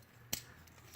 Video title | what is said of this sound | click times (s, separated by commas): Composite EnerJoe Reviews: Transformers Titans Return Deluxe Quake | flip out the feet until you hear a click that's | 0.3 s